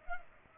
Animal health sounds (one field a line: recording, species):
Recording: mosquito wingbeat signal from an infrared sensor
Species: Culex pipiens